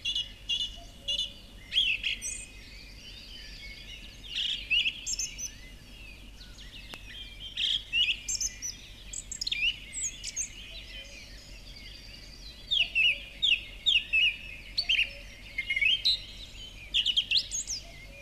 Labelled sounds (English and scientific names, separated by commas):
Song Thrush (Turdus philomelos) song